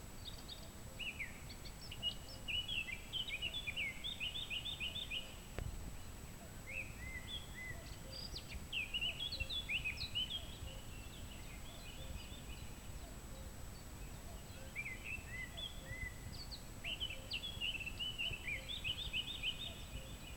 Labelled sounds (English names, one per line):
Eurasian Blackcap song